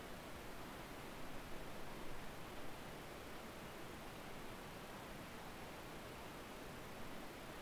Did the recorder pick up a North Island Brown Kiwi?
no